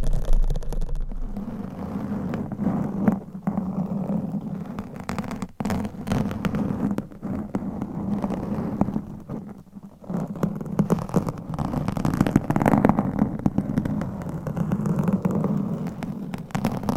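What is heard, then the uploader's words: Steady scratching and rubbing with a dense, low, rumbling texture that runs almost without a break. Brief dips occur around six and ten seconds, and sharp tapping clicks pop up irregularly throughout, mostly faint and scattered over the continuous scraping. ASMR with CLAWS Changing Triggers Every 60 Seconds Scratching , Tapping , Massage etc No Talking.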